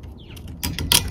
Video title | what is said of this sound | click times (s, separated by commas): VAN PROJECTS | Okay, and then this should click down. | 0.9 s